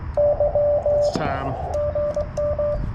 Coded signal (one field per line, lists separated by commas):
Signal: Morse code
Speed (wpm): 22 wpm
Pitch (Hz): 590 Hz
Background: speech, radio noise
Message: Y GM